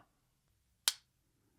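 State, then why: Seated. Someone presses down on the pan of a steel foothold trap until its beveled dog engages with a single sharp metallic click at 0.9 s, setting the trap with the pan flat. The click is bright and brief, ringing out over near silence.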